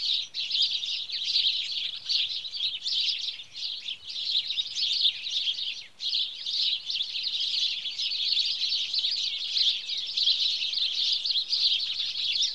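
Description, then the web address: House sparrows in a noisy group, chirping in a thick, continuous chorus that briefly thins twice before swelling again. "BBC Sound Effects Library (Birds) House Sparrow (Passer Domesticus)"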